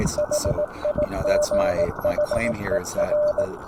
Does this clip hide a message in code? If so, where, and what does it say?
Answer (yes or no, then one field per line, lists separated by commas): yes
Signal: Morse code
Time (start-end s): 0.2-3.4 s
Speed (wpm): 18 wpm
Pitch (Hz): 600 Hz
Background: speech, radio noise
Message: HIGHER